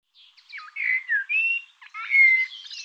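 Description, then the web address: Bird song: a rapid run of varied whistled and chirping notes, including slurred falling whistles and a sustained clear whistle near the end, with no other sounds. "cianscape birddata Deverinetal Bird Tu Me Tu Me"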